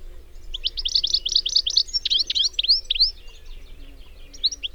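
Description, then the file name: European goldfinch giving quick, jangling twitters, a tight run of tinkling notes followed by looser upslurred chirps, with a soft low hum underneath. "Carduelis carduelis"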